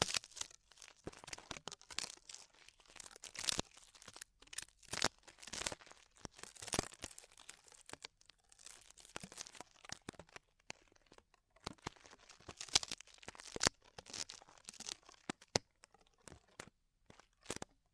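Ear exploration sounds: dense, irregular bursts of crinkling and tearing, bright and crisp, with brief quiet gaps between clustered scratchy rustles throughout.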